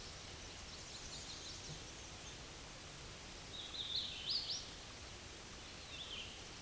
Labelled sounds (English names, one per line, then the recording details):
Hooded Warbler song
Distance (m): 35 m
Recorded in a Pennsylvania forest on 18 May 2023 at 11:39
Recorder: AudioMoth, point grid1_10_low
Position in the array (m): 41 m, 104 m